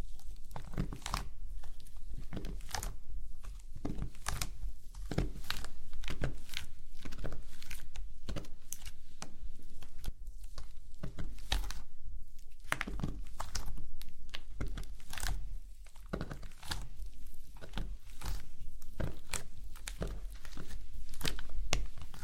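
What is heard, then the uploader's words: Slime is squished and pressed over and over, giving a steady run of wet, squelchy pops and clicks that come several times a second with little pause. Each snap is sharp and bright, and a low hum runs underneath throughout. ASMR SLIME SATISFYING - NO TALKING.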